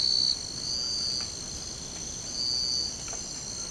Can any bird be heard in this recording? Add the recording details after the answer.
no. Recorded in secondary vegetation near Puerto Asís, Putumayo, Colombia, on 24 March 2025 at 03:30. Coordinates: 0.488, -76.319. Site G095